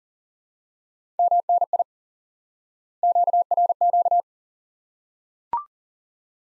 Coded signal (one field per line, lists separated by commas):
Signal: Morse code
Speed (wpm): 37 wpm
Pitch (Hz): 700 Hz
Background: none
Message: MNI QRQ